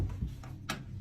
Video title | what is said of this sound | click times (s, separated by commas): 5 Disturbing & Creepy Videos Of The Week | the door make sure it clicks | 0.7 s